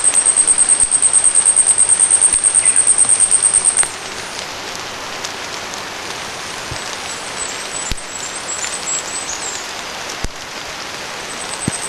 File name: short tailed warbler